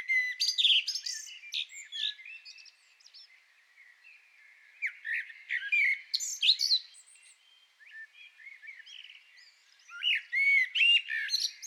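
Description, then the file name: Common blackbird singing three separate phrases of sharp, high twittering notes, with pauses in between. "Turdus merula"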